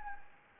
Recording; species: mosquito wingbeat signal from an infrared sensor; Anopheles gambiae